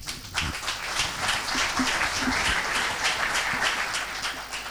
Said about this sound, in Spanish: Ese aplauso para vos, te digo, cada vez te sale mejor, ¿eh?